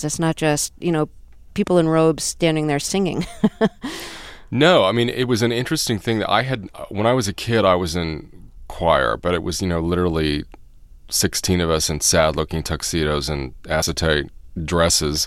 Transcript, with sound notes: It's not just, you know, people in robes standing there singing.
(Soundbite of laughter) No. I mean, it was an interesting thing that - when I was a kid, I was in choir, but it was, you know, literally 16 of us in sad-looking tuxedos and acetate dresses,